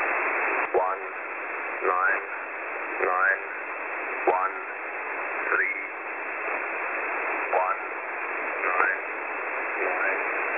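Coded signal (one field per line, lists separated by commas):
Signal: numbers station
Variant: E06 English Man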